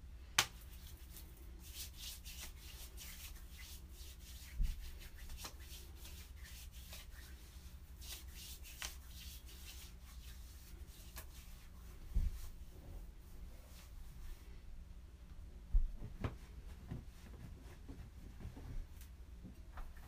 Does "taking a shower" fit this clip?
yes